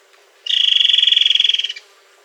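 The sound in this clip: Bird calling with one steady, rasping trill of fast regular pulses at a constant high pitch, lasting roughly one and a quarter seconds, with little else heard.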